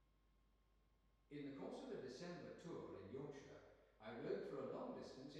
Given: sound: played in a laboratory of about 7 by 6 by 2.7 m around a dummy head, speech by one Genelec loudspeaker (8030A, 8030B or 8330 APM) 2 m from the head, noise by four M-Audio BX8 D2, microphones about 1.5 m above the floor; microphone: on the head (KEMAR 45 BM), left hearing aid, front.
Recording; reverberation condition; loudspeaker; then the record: male speech in English; high; 120 degrees to the right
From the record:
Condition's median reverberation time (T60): about 1300 ms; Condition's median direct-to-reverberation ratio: about -4.0 dB